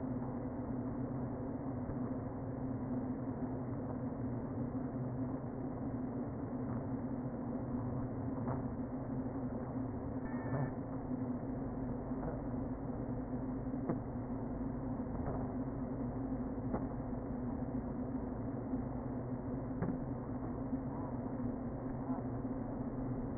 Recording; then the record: honeybee colony, microphone inside the hive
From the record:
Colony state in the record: queen present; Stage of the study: before two queens were removed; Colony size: about 60,000 bees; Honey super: yes